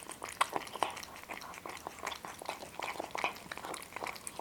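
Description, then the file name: Cat eating: rapid crunchy chewing clicks, roughly two or three per second, uneven, with a few sharper bites. Two cats, named Boris and Ivo, eating. "Boris and Ivo two Cats are eating"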